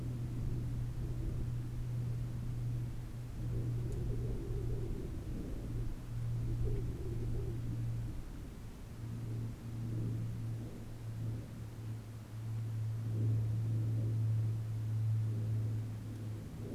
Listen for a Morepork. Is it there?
no